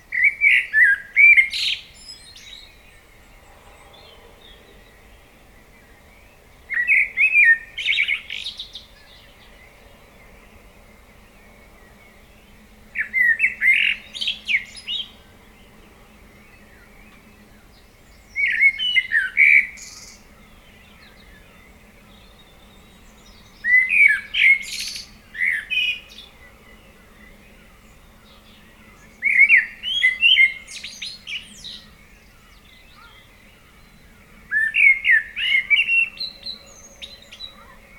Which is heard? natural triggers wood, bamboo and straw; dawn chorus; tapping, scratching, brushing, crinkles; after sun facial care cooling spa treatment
dawn chorus